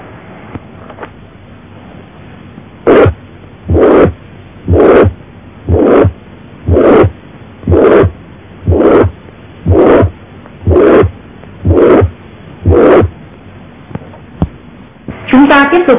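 Regular heartbeats near 61 a minute, each with a holosystolic murmur that builds in loudness through systole, a crescendo holosystolic murmur.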